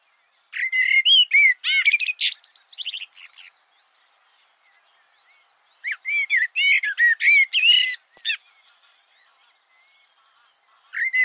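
Bird pours out two long phrases of rapid, looping whistled notes and chirps, separated by a short silence, with a third phrase beginning at the end.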